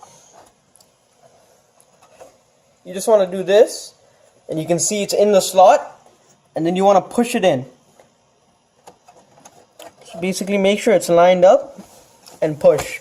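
A graphics card is lined up over a motherboard PCIe x16 slot, ready to be pushed in. Someone talks in bursts, with a few faint, short taps and knocks in the quiet gaps around 0.0–1.8 s and 8.0–9.8 s. Nothing has seated or clicked yet.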